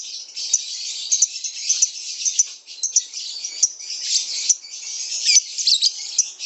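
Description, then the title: Lovebird song as unbroken shrill twittering, busy and scratchy, punctuated by frequent sharp accented squeaks. Lovebird masteran (training song) recording. "MASTERAN BURUNG 2. LoveBird"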